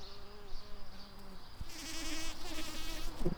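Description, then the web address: Tree bumblebee buzzing with a low, droning hum that wavers in pitch, followed by a brief thump and a louder, rougher burst of buzzing. Worker bees. "Hypnorum workers"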